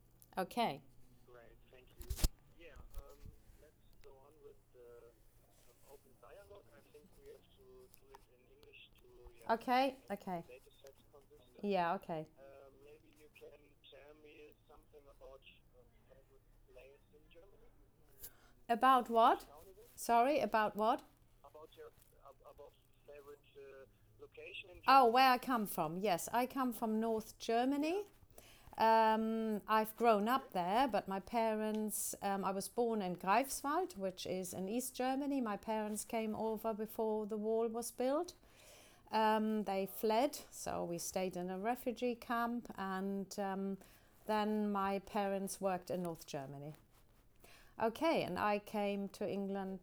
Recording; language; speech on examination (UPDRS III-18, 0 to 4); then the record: conversation on a phone call; English; 0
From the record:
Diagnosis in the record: healthy control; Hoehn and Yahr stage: 0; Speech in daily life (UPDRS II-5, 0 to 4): 0